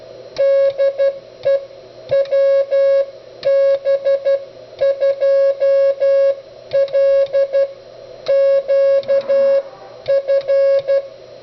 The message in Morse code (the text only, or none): DE WB2LQF